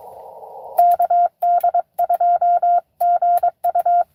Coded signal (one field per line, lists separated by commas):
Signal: Morse code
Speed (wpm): 22 wpm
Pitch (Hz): 690 Hz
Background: radio noise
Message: KD2GU